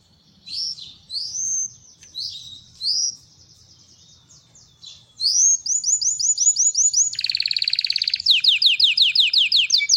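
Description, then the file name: Belgian canary song: rising whistled notes, then fast rolling trills and a buzzy rattle that grow louder and steadier. Copper-coloured Belgian canary singing. "canto do canario belga cobre"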